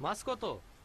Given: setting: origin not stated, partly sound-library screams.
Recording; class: one-second piece from a danger detection set; normal situation